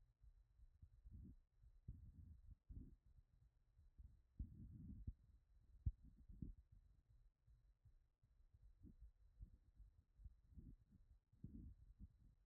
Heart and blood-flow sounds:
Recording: heart sounds by stethoscope after running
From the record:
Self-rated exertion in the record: light exertion (2 of 6)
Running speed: 6 mph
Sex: male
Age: 18 years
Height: 175 cm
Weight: 75 kg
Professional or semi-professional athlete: no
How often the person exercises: 3 to 5 times a week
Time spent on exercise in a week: 1 to 2 hours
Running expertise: no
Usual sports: weight training, gym workouts, basketball

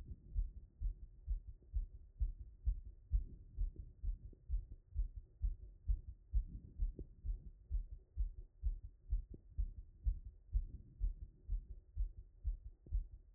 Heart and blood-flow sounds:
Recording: heart sounds by stethoscope after running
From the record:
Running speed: 6 mph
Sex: male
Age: 30 to 39 years

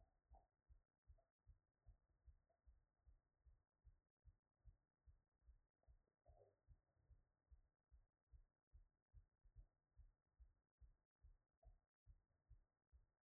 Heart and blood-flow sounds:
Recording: heart sounds by stethoscope after running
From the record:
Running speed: 7 mph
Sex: female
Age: 50 to 59 years

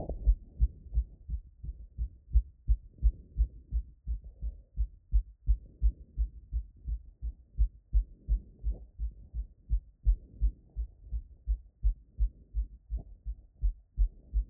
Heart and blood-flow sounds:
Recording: heart sounds by stethoscope after running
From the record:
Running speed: 6 mph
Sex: female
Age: 18 to 19 years

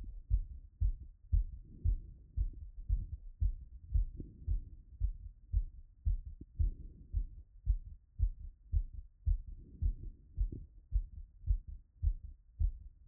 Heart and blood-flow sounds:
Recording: heart sounds by stethoscope after running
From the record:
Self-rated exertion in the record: light exertion (2 of 6)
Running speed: 7 mph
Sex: male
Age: 37 years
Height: 174 cm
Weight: 76 kg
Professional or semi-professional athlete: no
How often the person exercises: over 5 times a week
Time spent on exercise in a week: over 5 hours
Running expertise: yes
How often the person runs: 3 to 5 times a week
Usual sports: running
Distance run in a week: 70 km

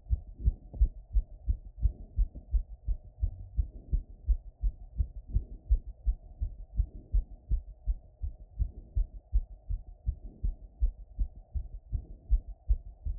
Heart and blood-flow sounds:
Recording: heart sounds by stethoscope after running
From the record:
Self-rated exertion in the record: vigorous exertion (4 of 6)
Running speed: 9 mph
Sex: female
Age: 28 years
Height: 155 cm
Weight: 44 kg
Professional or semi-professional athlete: no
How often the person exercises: 3 to 5 times a week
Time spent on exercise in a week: over 5 hours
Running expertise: yes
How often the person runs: 3 to 5 times a week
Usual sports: running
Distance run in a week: 45 km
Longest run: 32 km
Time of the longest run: 200 minutes

